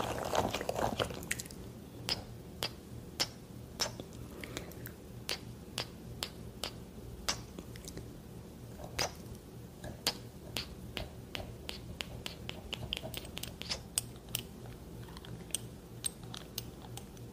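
Crisp tapping clicks land at an irregular, fairly quick pace throughout, some sharper and louder than others. Beneath them runs a soft, steady low hum with faint brushing texture. A brief rustling burst opens the first second before the taps settle in.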